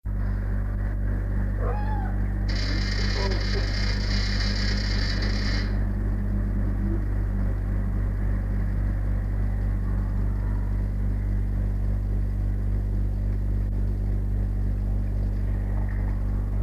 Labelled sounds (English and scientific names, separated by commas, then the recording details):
Arctic Fox (Vulpes lagopus)
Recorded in captivity
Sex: female
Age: adult
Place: Zoologisches Institut der HUB, Berlin, DE
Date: 1958-04-02 18:15
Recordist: Tembrock, Günter
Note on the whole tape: Fuchsanlage: "Nina": Knätschen gegen Rotfuchs-Fähe (Fiffi), die am Trennzaun scharrt